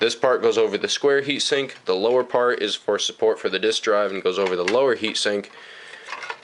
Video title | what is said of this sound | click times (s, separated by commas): Proper Fix XBox 360 RROD FULL VIDEO | pop that into place like so it'll click right in nice and easy | 6.3 s